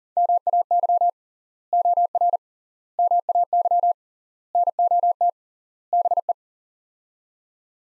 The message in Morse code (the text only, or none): MAY OR MAY NOT BE